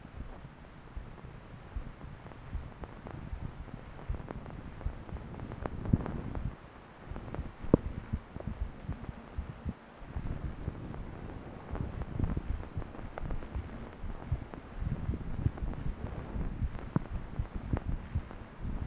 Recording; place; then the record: Doppler ultrasound of blood flow; left subclavian vein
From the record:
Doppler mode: continuous wave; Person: adult scuba diver, at rest before a dive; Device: O'Dive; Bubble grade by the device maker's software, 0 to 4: impossible